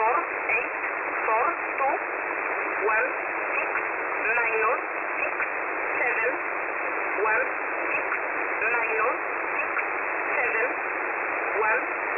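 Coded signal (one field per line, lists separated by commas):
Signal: numbers station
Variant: E11a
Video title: E11a Message 02/05/2023 1000 UTC 12153kHz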